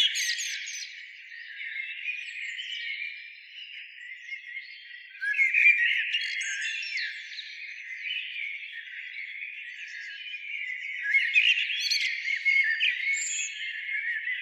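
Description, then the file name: Common blackbird keeping up a soft continuous warbling chatter that grows louder after five seconds, with scattered sharp high chirps. "Turdus merula"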